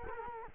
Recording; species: mosquito wingbeat signal from an infrared sensor; Culex quinquefasciatus